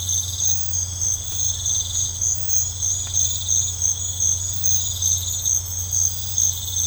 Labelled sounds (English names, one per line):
none